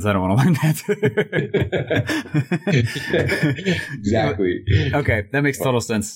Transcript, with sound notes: I don't want to learn that. (laughing)
Exactly.
Okay, that makes total sense.